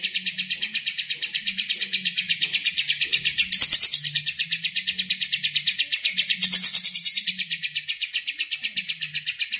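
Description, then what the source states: Lovebird in continuous, rapid, high-pitched chirping, evenly paced, with two brief, louder, harsher bursts partway through and a low hum in the background. Lovebird singing in the konslet style.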